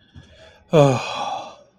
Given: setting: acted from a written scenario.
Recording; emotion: vocal sound without words; relief